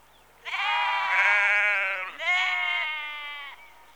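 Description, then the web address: Sheep giving one long, loud harmonic bleat that breaks into a second wavering part, lasting about three seconds before fading. Sheep in a rural exterior atmosphere, recorded in the early evening, close. "BBC Sound Effects Library - Exterior Atmospheres-Rural Backg Sheep Early Evening- Close"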